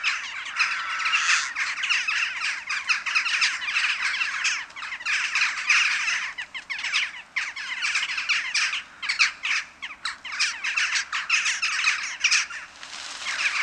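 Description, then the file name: Western jackdaw flock clamouring: countless overlapping short, rasping calls forming a continuous chorus that swells and ebbs in waves. Many jackdaws calling together at a communal roost. "Kauwenslaapplaats - luc de bruijn"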